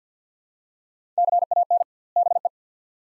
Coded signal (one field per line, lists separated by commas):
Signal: Morse code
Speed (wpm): 50 wpm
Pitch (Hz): 700 Hz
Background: none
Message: CAN BE